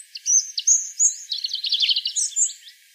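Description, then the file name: European robin pouring out one continuous high phrase of sharp whistled notes and quick rippling trills. "Erithacus rubecula"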